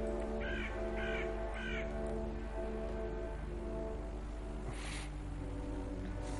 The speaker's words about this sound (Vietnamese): Đâu biết rằng từ đằng sau ngôi nhà kia vang lên một tiếng quạ kêu lạnh lót.